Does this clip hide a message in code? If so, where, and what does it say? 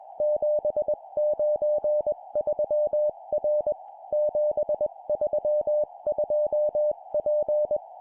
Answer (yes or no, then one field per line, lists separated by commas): yes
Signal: Morse code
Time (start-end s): 0.2-7.8 s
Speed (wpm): 20 wpm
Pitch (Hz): 600 Hz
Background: none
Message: 793R 732P